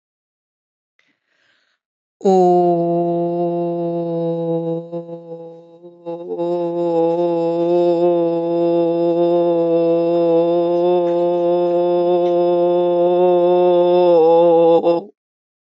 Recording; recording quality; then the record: sustained vowel as in boot; excellent, no background noise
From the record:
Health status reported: healthy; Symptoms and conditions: none ticked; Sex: female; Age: 55 years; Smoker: not ticked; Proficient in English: yes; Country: India